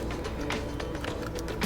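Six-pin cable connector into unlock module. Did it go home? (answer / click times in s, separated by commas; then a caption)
no / none. A six-pin plastic connector on the back of an unlock module is being handled as it is lined up to plug into the ECM unlock cable. Brief handling taps come at about 0.5, 0.8 and 1.0 seconds over a steady background. Nothing has seated or clicked yet.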